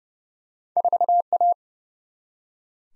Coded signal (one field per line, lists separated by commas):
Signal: Morse code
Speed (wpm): 30 wpm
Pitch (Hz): 700 Hz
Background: none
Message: 4A